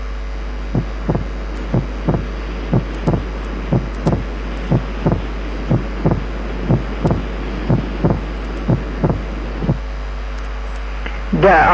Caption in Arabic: ده اوضح. لان التو كومبوننتس ابعد عن بعض. السبيت سكند ساوند، ده. بيتسمع على البالمونري اريا بس، ويمكن شويه along the left sternal border.